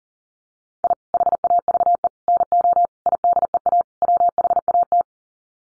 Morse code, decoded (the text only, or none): I HAVE NO IDEA WHAT